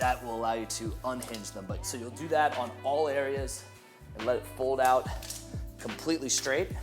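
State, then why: Not seated. Someone talks over background music while handling the hinged legs of a pop-up projection screen frame, folding them out straight so their hinge latches can snap into place. No latch has snapped into place yet in this clip.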